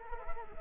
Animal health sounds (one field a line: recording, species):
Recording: mosquito wingbeat signal from an infrared sensor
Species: Culex quinquefasciatus